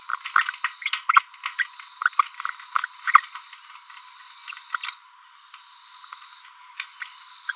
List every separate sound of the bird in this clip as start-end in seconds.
0.64-0.68, 1.59-1.66, 3.07-3.20, 4.33-4.36, 4.83-4.95, 7.49-7.51